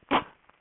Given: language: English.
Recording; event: throat vibration sensor signal played as sound; cough